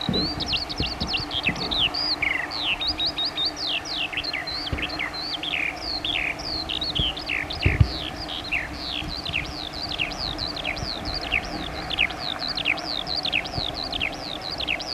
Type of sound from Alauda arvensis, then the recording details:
song. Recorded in the wild. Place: Jagstheim, Baden-Württemberg, DE. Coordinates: 48.8881, 10.39. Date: 1971-05-31. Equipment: Uher Report 4200, AKG D190C in Doppel-Parabolreflektor. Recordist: Krey, Winfried